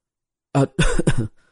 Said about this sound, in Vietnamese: … ho sặc sụa.